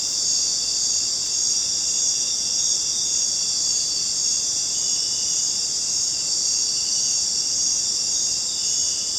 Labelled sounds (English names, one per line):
none